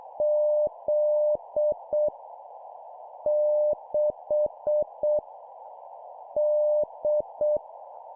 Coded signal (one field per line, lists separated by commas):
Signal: Morse code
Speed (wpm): 6 wpm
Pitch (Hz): 600 Hz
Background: none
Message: Z 6 D